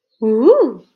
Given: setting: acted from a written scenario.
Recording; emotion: vocal sound without words; ecstasy